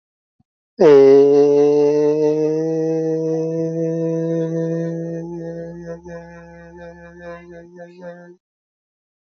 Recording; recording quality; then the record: sustained vowel as in made; excellent, no background noise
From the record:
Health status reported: healthy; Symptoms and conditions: none ticked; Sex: male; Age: 33 years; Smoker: not ticked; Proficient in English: yes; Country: India